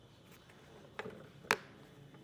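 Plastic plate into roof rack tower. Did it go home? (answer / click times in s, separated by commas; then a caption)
yes / 1.5 s. A plastic plate is pressed into a Yakima RidgeLine roof rack tower for flush rails while it is assembled for a 2024 Kia Telluride. A softer tap at 1.0 s comes before a sharp, bright click at 1.5 s as the plate pops into place, and it is seated.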